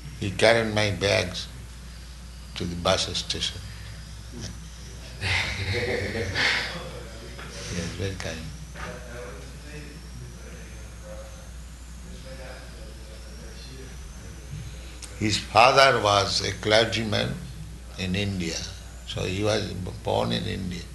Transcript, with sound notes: He carried my bags to the bus station. [laughter] He was very kind. His father was a clergyman in India, so he was born in India.